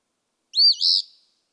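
A single Eastern phoebe phrase, a quick slurred note running into a buzzy, rasping second part.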